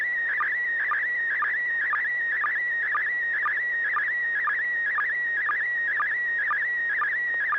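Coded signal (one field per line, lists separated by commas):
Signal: SSTV (slow-scan television)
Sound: steady warbling tone near 1.9 kHz, interrupted by short low sync chirps about twice a second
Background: low hum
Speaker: it's working so go ahead and transmit [Music] d d d AI 6dg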